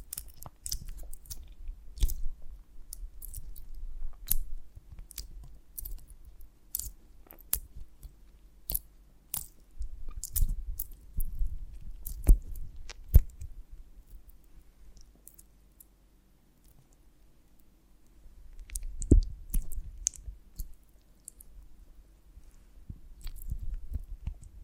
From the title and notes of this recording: ASMR of a Honeycomb on Branch (No Talking).